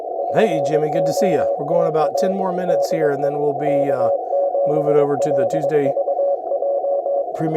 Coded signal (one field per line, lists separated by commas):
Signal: Morse code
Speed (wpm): 21 wpm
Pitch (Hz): 560 Hz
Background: speech, radio noise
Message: POTA DE K7LVJ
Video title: Updates on POTA.app 2.0? - Episode #6